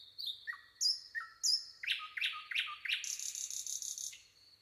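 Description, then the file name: Common nightingale song: pure whistled notes and sharp upslurs, then a run of loud rapid chooks, ending in a fast buzzy rattle of repeated clicks. "Luscinia megarhynchos"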